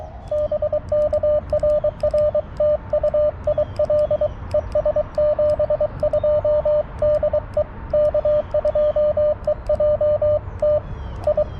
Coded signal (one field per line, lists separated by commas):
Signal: Morse code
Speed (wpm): 22 wpm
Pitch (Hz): 600 Hz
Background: radio noise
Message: BK RR TU IL ES 72 DE K2EJT I